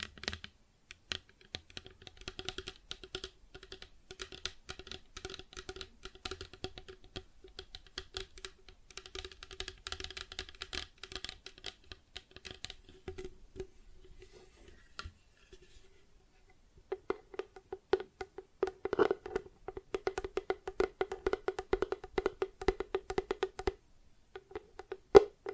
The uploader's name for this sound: Plastic Objects Tapping and Scratching